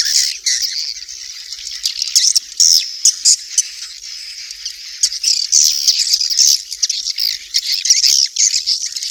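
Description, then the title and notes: Swiftlet twittering, a steady wash of high thin chirps with occasional louder trills throughout. Asia; recording used in swiftlet farming. "Swiflet Bird Sound. Farming Swiflet Bird asia"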